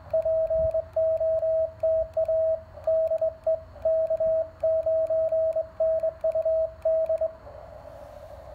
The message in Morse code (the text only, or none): POTA DE K9NUD